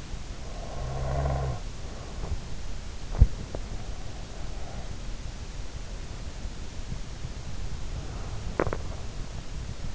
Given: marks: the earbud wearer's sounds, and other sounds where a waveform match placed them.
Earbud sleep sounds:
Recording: sounds in sleep by an in-ear microphone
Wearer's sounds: snoring breath, swallowing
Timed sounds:
0.00-2.79 s: snoring breath
8.25-9.35 s: swallowing

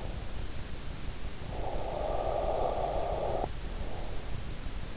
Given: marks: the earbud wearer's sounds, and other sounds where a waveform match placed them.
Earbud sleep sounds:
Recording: sounds in sleep by an in-ear microphone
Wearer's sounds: breath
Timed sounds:
1.23-4.00 s: breath

